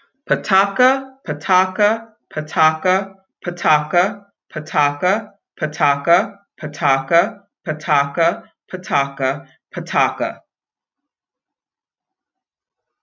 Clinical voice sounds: repeated syllables /pa ta ka/; female; 50 to 59 years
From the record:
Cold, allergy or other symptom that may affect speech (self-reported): no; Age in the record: 56 years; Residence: South Carolina, United States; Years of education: 13

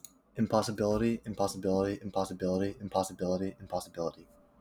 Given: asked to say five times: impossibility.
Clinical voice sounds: repeated word; male; 20 to 29 years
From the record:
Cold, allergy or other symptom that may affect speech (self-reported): no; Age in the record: 20 years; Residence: Michigan, United States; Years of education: 12

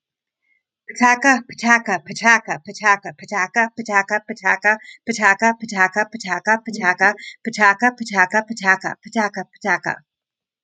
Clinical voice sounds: repeated syllables /pa ta ka/; female; 30 to 39 years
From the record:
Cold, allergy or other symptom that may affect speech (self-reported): no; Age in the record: 37 years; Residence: Florida, United States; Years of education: 19

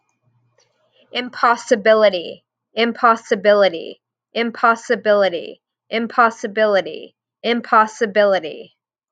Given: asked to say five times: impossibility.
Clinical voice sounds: repeated word; female; 40 to 49 years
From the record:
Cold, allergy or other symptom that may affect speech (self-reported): no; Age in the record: 46 years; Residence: California, United States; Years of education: 16

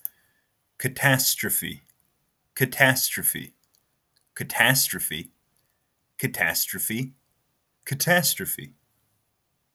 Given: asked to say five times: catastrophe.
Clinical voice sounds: repeated word; male; 20 to 29 years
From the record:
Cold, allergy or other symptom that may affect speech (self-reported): no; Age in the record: 23 years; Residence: California, United States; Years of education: 13

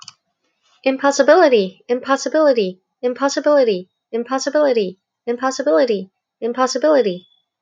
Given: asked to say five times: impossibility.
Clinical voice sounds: repeated word; female; 40 to 49 years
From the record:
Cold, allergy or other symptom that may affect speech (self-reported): no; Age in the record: 44 years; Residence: Hong Kong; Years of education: 30

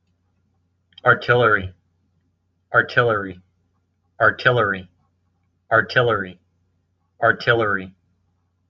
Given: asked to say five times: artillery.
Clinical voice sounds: repeated word; male; 40 to 49 years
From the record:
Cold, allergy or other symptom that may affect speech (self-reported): no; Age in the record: 48 years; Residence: Missouri, United States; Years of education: 14

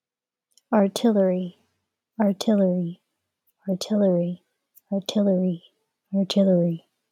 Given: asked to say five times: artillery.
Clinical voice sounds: repeated word; female; 20 to 29 years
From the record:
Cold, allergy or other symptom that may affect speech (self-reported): no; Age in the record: 22 years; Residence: California, United States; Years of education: 17

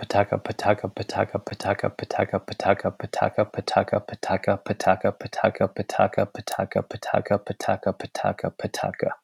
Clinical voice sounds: repeated syllables /pa ta ka/; male; 30 to 39 years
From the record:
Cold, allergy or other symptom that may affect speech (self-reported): no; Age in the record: 33 years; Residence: California, United States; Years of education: 19

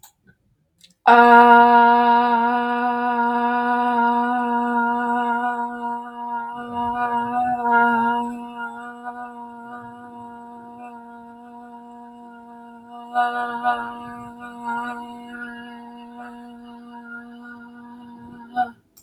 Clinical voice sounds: vowel held as long as possible; female; 20 to 29 years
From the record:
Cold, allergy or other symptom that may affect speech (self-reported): no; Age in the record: 20 years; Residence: United States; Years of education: 14

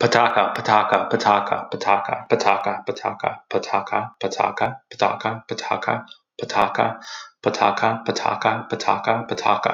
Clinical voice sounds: repeated syllables /pa ta ka/; male; 30 to 39 years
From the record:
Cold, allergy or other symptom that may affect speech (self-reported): no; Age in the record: 32 years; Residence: Texas, United States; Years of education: 18

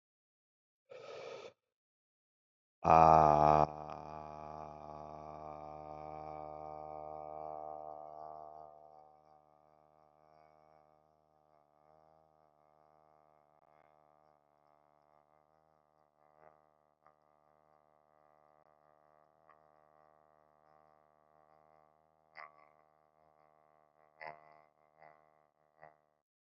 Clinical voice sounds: vowel held as long as possible; male; 30 to 39 years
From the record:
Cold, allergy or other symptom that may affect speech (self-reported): no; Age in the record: 34 years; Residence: United States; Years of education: 17

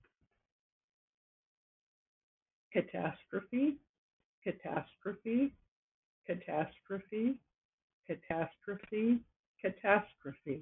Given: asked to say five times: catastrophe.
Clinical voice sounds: repeated word; female; 50 to 59 years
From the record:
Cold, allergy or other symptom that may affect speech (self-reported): no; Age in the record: 57 years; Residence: Nevada, United States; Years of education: 16

